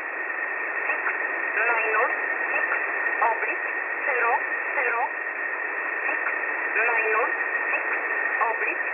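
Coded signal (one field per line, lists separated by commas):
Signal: numbers station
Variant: E11 Oblique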